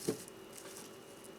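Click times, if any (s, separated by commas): none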